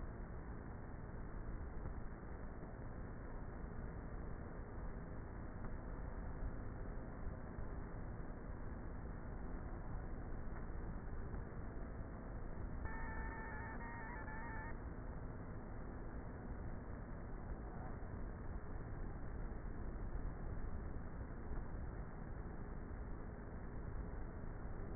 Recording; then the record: honeybee colony, microphone inside the hive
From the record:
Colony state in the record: queenless with a low population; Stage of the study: before two queens were removed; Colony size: about 30,000 bees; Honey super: no